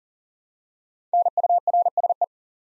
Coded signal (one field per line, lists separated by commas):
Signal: Morse code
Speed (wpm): 40 wpm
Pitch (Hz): 700 Hz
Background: none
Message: NURSE